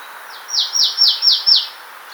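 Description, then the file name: Marsh tit giving a rapid run of five clear, downward-sliding notes, evenly spaced over about a second, against a soft hiss. "Poecile palustris"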